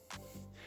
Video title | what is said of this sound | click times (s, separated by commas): HP DeskJet 2720e: How to Change/Replace Ink Cartridges | clicks into position quite easily | 0.1 s